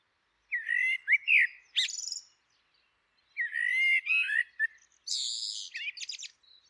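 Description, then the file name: Common blackbird song: mellow fluting phrases rising and falling, each ending in high squeaky twittering, two phrases separated by a short pause, otherwise quiet. "Turdus merula"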